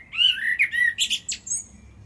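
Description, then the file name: Common blackbird song: mellow warbled whistles dropping in pitch, ending in thin high squeaky notes, one short phrase. "Turdus merula"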